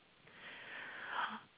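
A single soft, airy breath noise lasts about a second, with a wheezy, whistling quality and no deep rumble. It is a pet cat snoring quietly indoors, an ordinary sleep sound.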